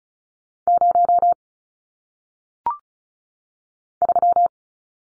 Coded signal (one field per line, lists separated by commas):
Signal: Morse code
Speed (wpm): 36 wpm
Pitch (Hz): 700 Hz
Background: none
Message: 0 3